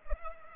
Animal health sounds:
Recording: mosquito wingbeat signal from an infrared sensor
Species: Culex pipiens

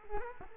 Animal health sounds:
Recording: mosquito wingbeat signal from an infrared sensor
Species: Culex quinquefasciatus

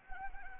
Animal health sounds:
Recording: mosquito wingbeat signal from an infrared sensor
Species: Anopheles arabiensis

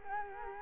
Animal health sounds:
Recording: mosquito wingbeat signal from an infrared sensor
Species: Culex quinquefasciatus

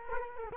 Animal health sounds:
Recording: mosquito wingbeat signal from an infrared sensor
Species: Culex quinquefasciatus

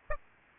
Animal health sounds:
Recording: mosquito wingbeat signal from an infrared sensor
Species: Aedes albopictus

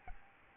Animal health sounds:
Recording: mosquito wingbeat signal from an infrared sensor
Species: Aedes albopictus

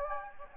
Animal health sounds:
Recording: mosquito wingbeat signal from an infrared sensor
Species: Anopheles gambiae

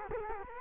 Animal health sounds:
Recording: mosquito wingbeat signal from an infrared sensor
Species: Culex quinquefasciatus

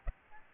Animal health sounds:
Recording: mosquito wingbeat signal from an infrared sensor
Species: Aedes albopictus

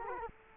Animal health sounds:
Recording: mosquito wingbeat signal from an infrared sensor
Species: Culex quinquefasciatus

